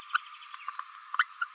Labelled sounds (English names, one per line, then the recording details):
Green-rumped Parrotlet babbling
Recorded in a nest box in Venezuela
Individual 18B17A5